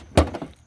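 A 4th-generation (2016–2020) Kia Optima 2.4L's front bumper cover is pulled outward by hand in the fender and headlight area during a headlight assembly replacement. Its plastic retaining clip snaps free with a single loud, sharp thunk at 0.2 s, followed by two faint ticks near 0.4 and 0.5 s. The clip is released.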